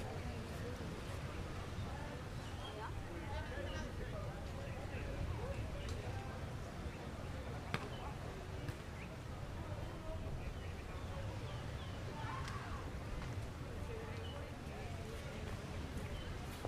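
People chat in a steady, overlapping murmur of voices, with a constant low rumble of waves running underneath. Short sharp clicks or taps pop up now and then, clearest near 8 seconds, and the overall level holds even throughout.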